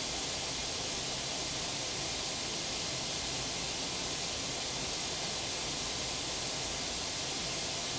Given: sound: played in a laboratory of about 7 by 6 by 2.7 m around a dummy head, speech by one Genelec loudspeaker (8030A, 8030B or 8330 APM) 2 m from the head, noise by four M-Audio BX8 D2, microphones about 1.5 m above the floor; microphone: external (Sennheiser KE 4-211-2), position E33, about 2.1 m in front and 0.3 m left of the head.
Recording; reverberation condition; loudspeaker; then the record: white noise; low; four, about 170 cm from the corners of the room and facing them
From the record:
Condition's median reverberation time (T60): about 310 ms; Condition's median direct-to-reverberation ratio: about 3.5 dB